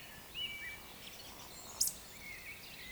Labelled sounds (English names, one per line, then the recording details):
Eurasian Woodcock whistle
Eurasian Woodcock croak
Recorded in Baden-Württemberg, Germany, on 27 June 2020 at 02:40 UTC
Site 43791, 788 m above sea level